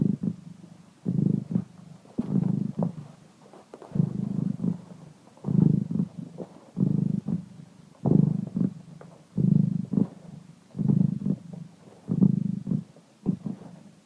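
Cat purring in low rumbling bursts that swell and fade in a rhythmic pattern.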